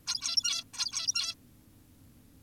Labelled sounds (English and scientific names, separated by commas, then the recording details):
Zebra Finch (Taeniopygia guttata)
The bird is an adult
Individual g17y2U